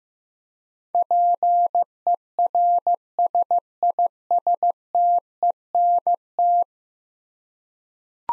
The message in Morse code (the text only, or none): PERSISTENT